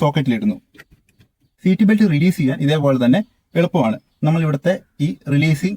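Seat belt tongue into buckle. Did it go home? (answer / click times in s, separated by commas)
yes / 0.8 s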